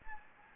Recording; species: mosquito wingbeat signal from an infrared sensor; Anopheles gambiae